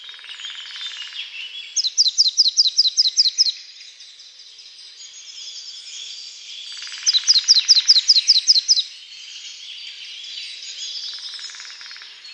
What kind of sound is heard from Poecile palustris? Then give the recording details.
song. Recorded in the wild. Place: Waltershofen / Freiburg im Breisgau, Baden-Württemberg, DE. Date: 2008-04-20. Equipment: MiniDisc Sharp MT 20 H. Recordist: Schwarz, Dieter